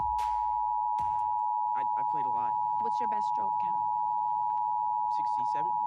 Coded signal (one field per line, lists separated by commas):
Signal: Emergency Alert System (SAME) tones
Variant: 853 and 960 Hz attention tone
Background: speech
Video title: EAS #27 - Severe Thunderstorm Warning on TV